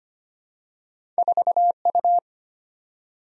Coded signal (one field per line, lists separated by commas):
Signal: Morse code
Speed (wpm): 25 wpm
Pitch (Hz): 700 Hz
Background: none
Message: 4U